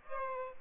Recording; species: mosquito wingbeat signal from an infrared sensor; Aedes albopictus